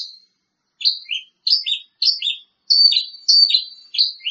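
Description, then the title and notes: Bird singing paired whistled notes, a high slurred note followed by a lower one, repeated about every half second after a brief opening note. "Bird Sound. Kicau Burung Lengkap"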